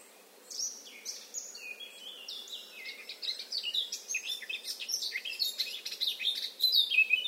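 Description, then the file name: Eurasian blackcap song: fast, varied warbling of scratchy and fluted high notes, starting softly and growing louder over seven seconds in near-continuous bursts. "Sylvia atricapilla"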